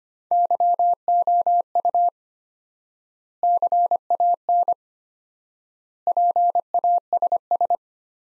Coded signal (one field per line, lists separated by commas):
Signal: Morse code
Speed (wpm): 25 wpm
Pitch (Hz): 700 Hz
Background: none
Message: YOU CAN PASS